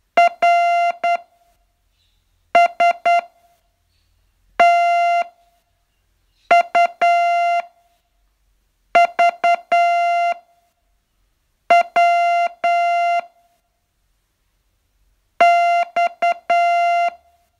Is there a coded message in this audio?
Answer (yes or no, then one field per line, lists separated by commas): yes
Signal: Morse code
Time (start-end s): 0.2-17.1 s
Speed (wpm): 9 wpm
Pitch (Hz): 690 Hz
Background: music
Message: R S T U V W X